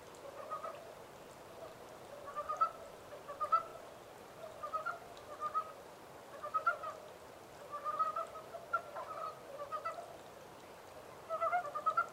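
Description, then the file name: Montane brown frog giving groups of short, rapid clucking notes, repeated throughout, over faint hiss. Recorded 14 April 2010. "yamaakagaeru 20100414"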